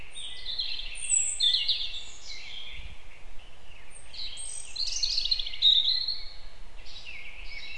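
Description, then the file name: European robin delivering sweet high warbling phrases with thin piercing whistles and sudden pitch shifts, separated by short gaps, over a low rumbling background and one soft thump. "Erithacus rubecula"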